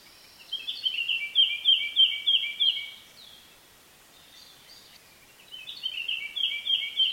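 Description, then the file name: Eurasian blackcap song: two rapid warbling phrases separated by a pause, the second running to the end. "Sylvia atricapilla"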